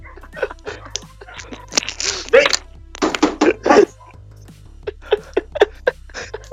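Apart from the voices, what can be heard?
dogs fighting and barking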